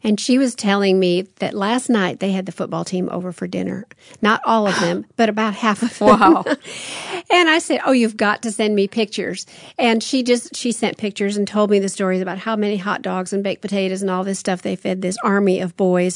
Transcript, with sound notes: She was telling me that last night they had the football team over for dinner—not all of them, but about half.
Wow. (laughter)
And I said, “Oh, you have got to send me pictures.” And she sent pictures and told me the story of how many hot dogs and baked potatoes and all this stuff they fed this army of boys.